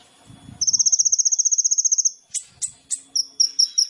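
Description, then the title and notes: Sunbird song opening with a long, very even, rapid high trill, then a few sharp sweeping notes and a string of short high chips. Indonesian masteran training recording for songbirds; sunbird song described as gacor (singing vigorously), with full isian (filler phrases) and tembakan (bursts), intended as pancingan to stimulate other birds. "MASTERAN KOLIBRI NINJA TERBAIK FULL ISIAN DAN TEMBAKAN MEWAH COCOK BUAT PANCINGAN. Suara Burung Kolibri Ninja Gacor"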